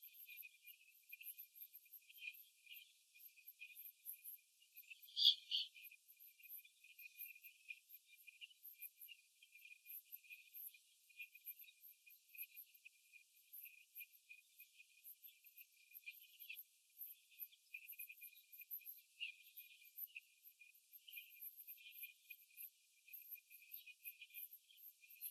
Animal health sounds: young laying hens in a cage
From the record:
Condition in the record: after the stressor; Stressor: simulated dog barking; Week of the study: 2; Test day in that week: 2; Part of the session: 1

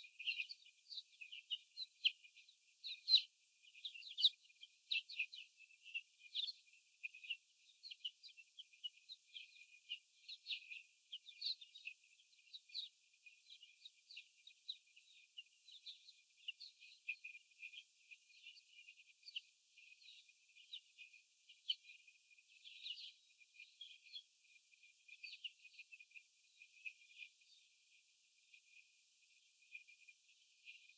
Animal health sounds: young laying hens in a cage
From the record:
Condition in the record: after the stressor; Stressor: sudden umbrella opening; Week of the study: 3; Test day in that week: 2

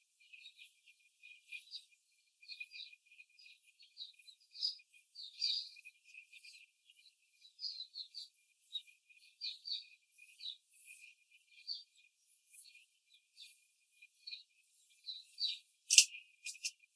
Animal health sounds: young laying hens in a cage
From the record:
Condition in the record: control cage, after the stress test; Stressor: none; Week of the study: 4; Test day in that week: 1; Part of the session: 4

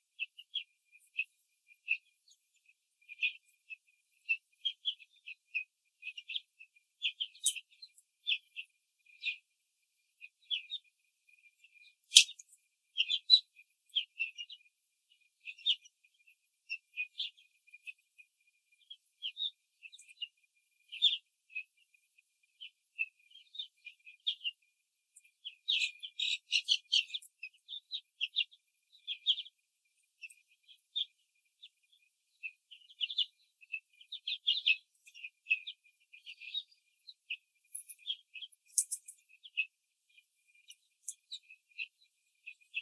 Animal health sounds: young laying hens in a cage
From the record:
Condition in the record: control cage, after the stress test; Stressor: none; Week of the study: 4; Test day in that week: 3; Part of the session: 2

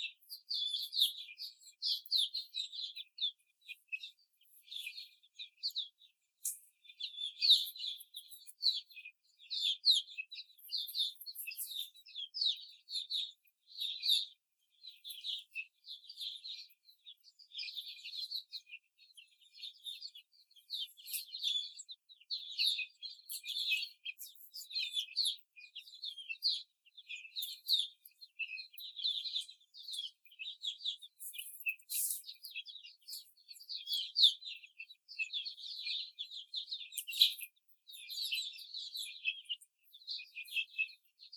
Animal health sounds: young laying hens in a cage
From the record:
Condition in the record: before the stressor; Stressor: simulated dog barking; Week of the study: 4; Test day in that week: 2

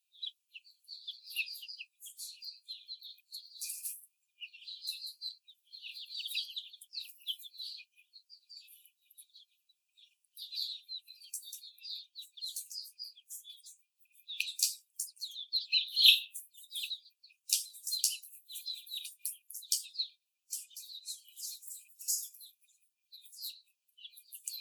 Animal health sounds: young laying hens in a cage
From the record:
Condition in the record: before the stressor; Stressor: simulated dog barking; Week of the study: 4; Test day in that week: 1

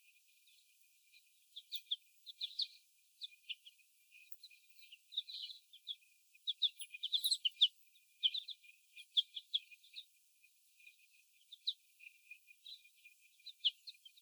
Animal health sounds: young laying hens in a cage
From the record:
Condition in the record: before the stressor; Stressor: sudden umbrella opening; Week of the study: 1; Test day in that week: 1

